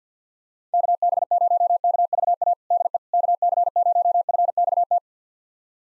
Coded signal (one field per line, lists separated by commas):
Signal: Morse code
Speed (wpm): 50 wpm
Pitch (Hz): 700 Hz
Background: none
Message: KB0KVA DE KC0FXT